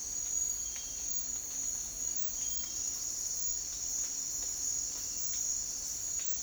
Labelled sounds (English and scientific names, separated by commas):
none